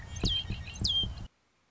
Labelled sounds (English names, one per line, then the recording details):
Red-winged Blackbird
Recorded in Sonoma County, California